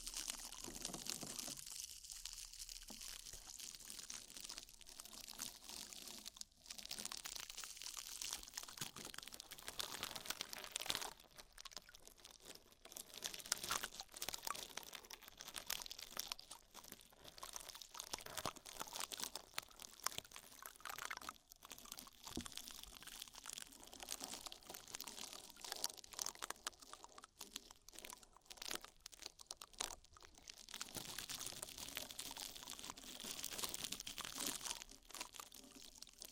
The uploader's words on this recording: ASMR Oil, Foam and Tingly Ear Massage.